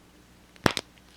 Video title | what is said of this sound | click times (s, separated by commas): NECA TERMINATOR 2: JUDGMENT DAY ULTIMATE T-800 - ARNOLD SCHWARZENEGGER FIGURE REVIEW | and you'll hear a pop, and then that's it. | 0.7 s